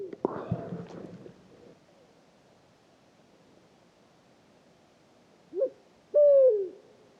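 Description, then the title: Pharaoh eagle-owl: a burst of noise at the start, several seconds of quiet, then the owl's short note and long, deep, slightly falling hoot. Hooting at 3 a.m. on 8 March 2019 on a pitch-dark night at Oued Enoicre, Mauritania; first heard from afar, then approached to about ten metres with a parabolic reflector (Tlp7) and a Mixpre3. "Grand-duc du désert - Mauritanie"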